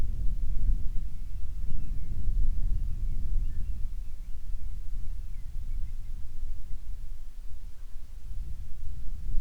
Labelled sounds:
bird
wind
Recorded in the Prudhoe Bay oil fields, Alaska, on 25 July 2019 at 02:11
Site 11

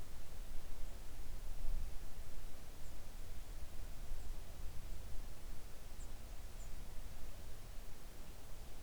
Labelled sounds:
songbird
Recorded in the Arctic National Wildlife Refuge, Alaska, on 3 August 2019 at 05:35
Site 41

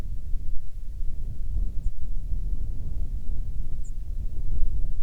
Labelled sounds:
songbird
wind
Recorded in the Prudhoe Bay oil fields, Alaska, on 7 August 2019 at 05:30
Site 13

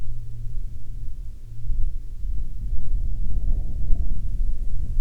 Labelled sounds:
wind
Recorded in the Prudhoe Bay oil fields, Alaska, on 7 August 2019 at 14:23
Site 17

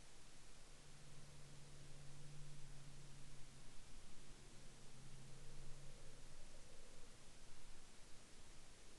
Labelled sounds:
insects
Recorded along the Dempster Highway, Canada, on 14 October 2019 at 12:01
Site 16

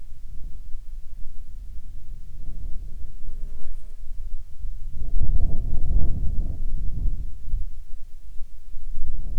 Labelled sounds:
wind
insects
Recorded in the Arctic National Wildlife Refuge, Alaska, on 31 July 2019 at 12:05
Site 35

